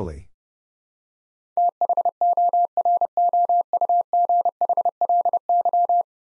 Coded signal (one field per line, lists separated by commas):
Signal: Morse code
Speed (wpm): 30 wpm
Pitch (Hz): 700 Hz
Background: none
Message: THOROUGHLY